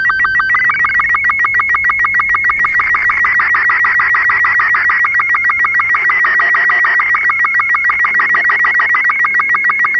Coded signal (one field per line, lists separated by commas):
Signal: SSTV (slow-scan television)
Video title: Portal 2: Developer Commentary SSTV decoded (turn down your volume)